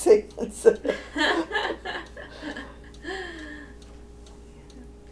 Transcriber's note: laughing